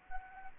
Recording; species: mosquito wingbeat signal from an infrared sensor; Anopheles arabiensis